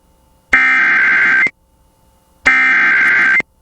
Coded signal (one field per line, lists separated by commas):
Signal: Emergency Alert System (SAME) tones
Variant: header bursts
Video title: (EAS #25) Oklahoma SEVERE THUNDERSTORM WARNING on KALT-FM